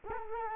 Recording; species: mosquito wingbeat signal from an infrared sensor; Culex quinquefasciatus